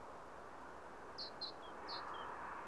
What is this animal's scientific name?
Parus major